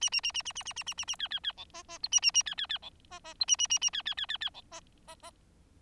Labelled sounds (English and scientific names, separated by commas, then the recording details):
Bengalese Finch (Lonchura striata domestica) song
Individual Bird4